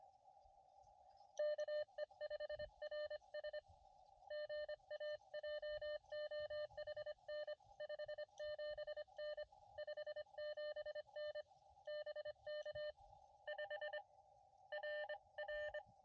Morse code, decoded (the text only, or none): KE5RS GAJOHN 57N 57N BK 5 RR